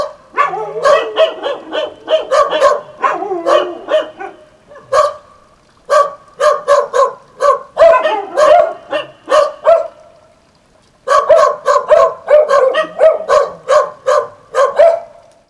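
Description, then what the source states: Dog barks in quick, repeated volleys, broken by a couple of pauses. Dogs at El Borge.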